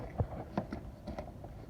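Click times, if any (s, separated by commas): none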